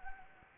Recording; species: mosquito wingbeat signal from an infrared sensor; Anopheles gambiae